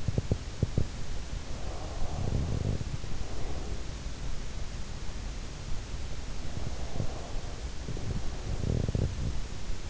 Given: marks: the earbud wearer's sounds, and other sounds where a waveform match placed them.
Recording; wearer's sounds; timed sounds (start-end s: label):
sounds in sleep by an in-ear microphone; teeth grinding, breath
0.00-1.08 s: teeth grinding
1.54-3.82 s: breath
1.99-2.99 s: teeth grinding
6.39-9.54 s: breath
8.02-9.34 s: teeth grinding